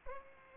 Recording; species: mosquito wingbeat signal from an infrared sensor; Aedes albopictus